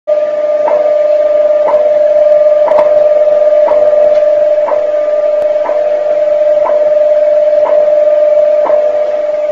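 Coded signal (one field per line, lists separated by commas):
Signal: radio time signal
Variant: WWV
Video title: January 21, 1972 video of WWV time signal (shortwave radio)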